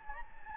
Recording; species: mosquito wingbeat signal from an infrared sensor; Anopheles gambiae